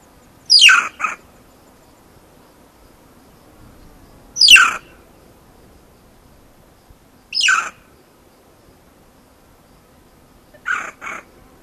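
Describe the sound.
Banded mongoose screeches: four bouts a few seconds apart, the first three each a loud, high, downward-sweeping squeal, the first trailed by a short clipped chirp; the last is a pair of short chirps.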